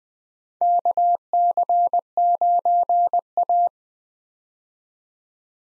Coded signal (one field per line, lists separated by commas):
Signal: Morse code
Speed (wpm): 21 wpm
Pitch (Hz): 700 Hz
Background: none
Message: KC9A